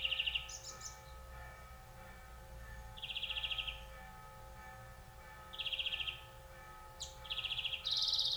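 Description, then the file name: European greenfinch uttering short rattling trills every couple of seconds and a few buzzy wheezes, over a faint steady tonal hum. "Chloris chloris"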